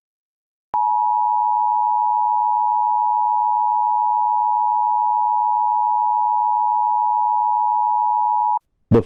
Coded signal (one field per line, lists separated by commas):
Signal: Emergency Alert System (SAME) tones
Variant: 853 and 960 Hz attention tone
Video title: EAS Scenario #16: ISIS Nightmare